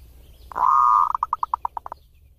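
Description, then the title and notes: Zebra dove song: a sustained, even, purring coo about half a second long, then roughly nine short, evenly spaced coo notes in quick succession. Song used as a tutor recording for training (mastering) other birds. "Kupulan Burung Perkutut. burung perkutut yang bisa digunakan untuk memaster"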